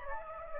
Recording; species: mosquito wingbeat signal from an infrared sensor; Anopheles gambiae